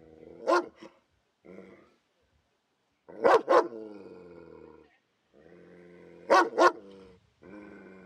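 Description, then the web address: Dog barking in loud, harsh double bursts about three seconds apart, with a low harmonic rumble between some of the barks. Angry dog barking. "odglos zlego psa ktory szczeka"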